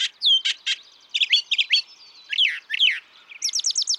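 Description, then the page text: Brown thrasher song: a rapid run of varied, clipped phrases, several sharp chirps and buzzy notes given in quick pairs or triplets, ending with a series of repeated high notes. Same male brown thrasher heard across recordings totalling about three and a quarter hours; his repertoire is estimated at about 1300 songs. "Birdsong for the Curious Naturalist. Brown thrasher"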